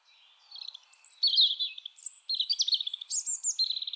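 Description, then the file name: European robin pouring out a dense, rapid stream of high, liquid twitters, trills and thin whistled notes without pause. "Erithacus rubecula"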